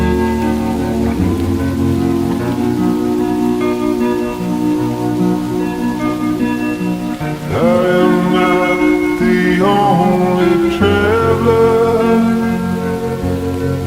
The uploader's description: Farm academia atmosphere with rain